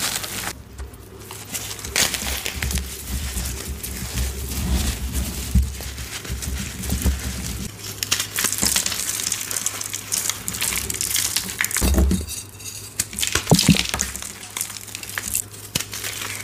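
Chalk bombs filled with soap, glitter and powder are crushed in a steady run of crumbling, crinkling and crackling sounds across the whole clip. A low rumble lasts from the start until about eight seconds. Sharper cracks stand out near twelve and fourteen seconds.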